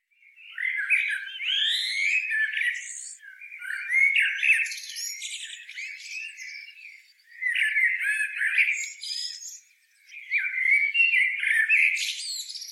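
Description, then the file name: Common blackbird delivering four warbling phrases, each a fast jumble of mellow notes and squeaky twitters, separated by brief pauses. "Turdus merula"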